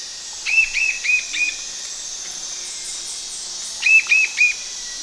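Bird calls: two bursts of three to four short, flat whistled notes in quick succession, separated by a pause, over a steady high hiss.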